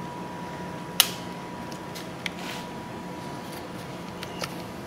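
The green lock tab on a plastic fuel injector connector of an LS engine wiring harness is lifted until it clicks sharply at 1.0 s, then the gray release is squeezed and the connector is pulled off the injector. Fainter clicks follow at about 2.3 s, 4.2 s and 4.4 s over a steady background hum with a faint high tone. The connector is unlatched and released from the injector.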